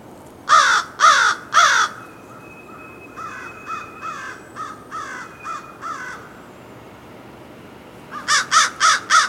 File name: Corvus brachyrhynchos - American Crow